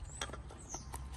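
A new oil filter element for an Opel Astra K is handled and pressed toward the plastic oil filter housing cap, with light scraping and tapping sounds, including a brief sharp tap near 0.2 s and another near 1.0 s. Nothing has seated or clicked into the cap yet.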